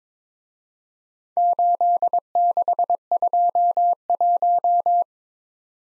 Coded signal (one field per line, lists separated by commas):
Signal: Morse code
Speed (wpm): 25 wpm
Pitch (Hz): 700 Hz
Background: none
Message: 8621